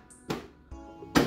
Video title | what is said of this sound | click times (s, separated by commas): AC maintenance DIY | வச்சு லெஃப்ட்லேயும் அவ்வளோதான். Just லைட்டாக ப்ரெஸ் பண்ணால் போதும், லாக் ஆகிடும். | 0.3 s, 1.2 s